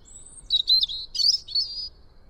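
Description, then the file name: European robin singing a brief phrase: a thin high whistle, then a quick liquid warble and fluttering trill. "Erithacus rubecula"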